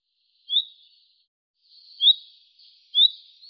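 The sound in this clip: Bird calls: three short, high, upward-sweeping chirps, each followed by a softer trail, with a quiet background.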